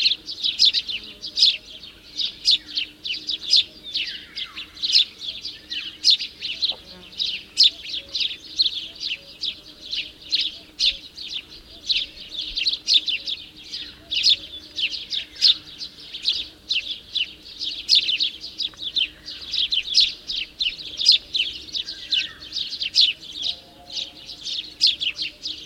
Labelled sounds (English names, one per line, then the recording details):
House Sparrow song
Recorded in the wild
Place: Babadag, Dobrogea, RO
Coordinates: 44.891, 28.717
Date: 1976-05-30 11:15
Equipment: Nagra III BH, Sennheiser MD 21, parabola
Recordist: Schubert, Michael